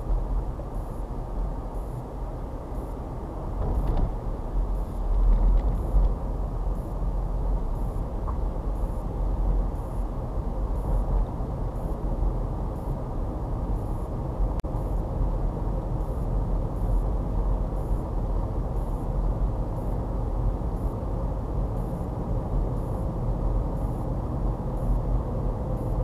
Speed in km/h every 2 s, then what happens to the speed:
29, 34, 34, 34, 32, 34, 35, 35, 39, 39, 39, 39, 44.
0-8 steady at about 34. 8-26 speeds up to 44.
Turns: none.